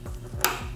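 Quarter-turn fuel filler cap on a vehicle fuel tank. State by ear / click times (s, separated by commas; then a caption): seated / 0.4 s. An aftermarket quarter-turn fuel filler cap is put back on a vehicle's fuel tank after filling, pushed down and turned until it latches. A faint low rustle leads into a sharp, bright click at 0.4 s that shows the cap is locked on.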